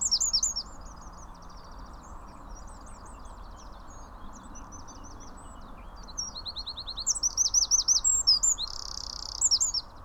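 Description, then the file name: Eurasian wren, loud high trilled song at the start, scattered soft chips, then a second explosive burst of rapid notes and buzzy rattle near the end. "Troglodytes troglodytes"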